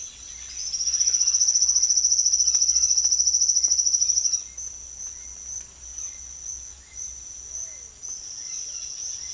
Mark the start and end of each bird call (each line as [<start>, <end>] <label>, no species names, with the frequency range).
[0.00, 4.57] bird call (0.8-4.2 kHz)
[5.12, 9.34] bird call (0.8-4.0 kHz)